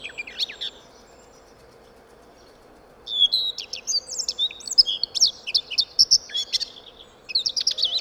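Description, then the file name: Eurasian blackcap bursts into a quick scratchy warble after a short quiet spell, with steady background noise throughout. "Sylvia atricapilla"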